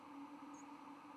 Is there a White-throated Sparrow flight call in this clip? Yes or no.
no